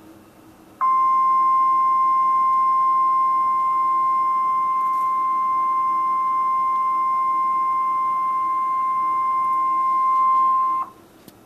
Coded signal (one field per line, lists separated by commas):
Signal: Emergency Alert System (SAME) tones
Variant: 1050 Hz attention tone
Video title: EAS #690: PDS Tornado Watch #262 - El Reno Tornado (5/31/2013)